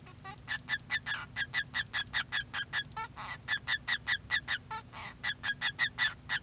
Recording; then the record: song of a male Bengalese finch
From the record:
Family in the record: son of father 2